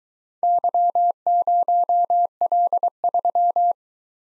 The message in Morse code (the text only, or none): Y0L3